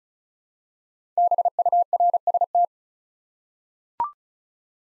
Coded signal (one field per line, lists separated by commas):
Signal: Morse code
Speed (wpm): 36 wpm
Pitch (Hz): 700 Hz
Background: none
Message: BURST